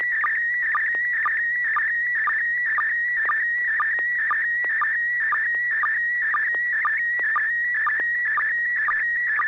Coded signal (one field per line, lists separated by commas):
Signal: SSTV (slow-scan television)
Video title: N6NA SSTV Net - 02/23/2022